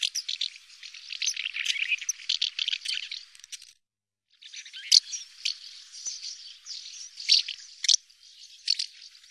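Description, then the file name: Swallows twitter in quick, high chirps and short scratchy notes that tumble together almost continuously, with a brief silent gap near the middle. "Hirondelle"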